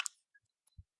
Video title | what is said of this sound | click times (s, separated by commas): How to Install Skimmer on Bestway Steel Pro Max | Just press until it locks in place. | 0.1 s